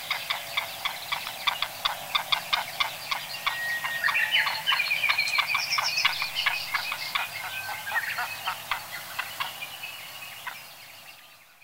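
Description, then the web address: White-tailed eagle giving a fast, rhythmic series of short, sharp yelps, about three or four per second, fading toward the end, with a faint whistled note behind. "haliaeetus albicilla"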